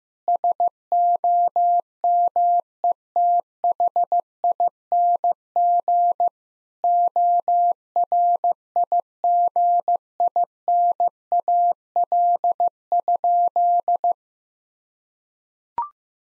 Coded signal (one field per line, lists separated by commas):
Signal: Morse code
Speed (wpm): 15 wpm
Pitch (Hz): 700 Hz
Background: none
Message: SOMETHING ORIGINAL?